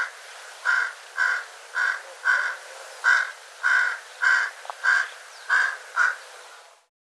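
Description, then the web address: Bird giving harsh caws, about ten in a row roughly every half second, over a steady hiss. "cianscape birddata"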